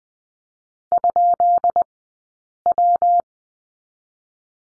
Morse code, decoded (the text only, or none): ?W